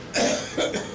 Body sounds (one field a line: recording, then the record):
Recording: coughing mixed with background sound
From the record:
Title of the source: Spring Cold Coughing 3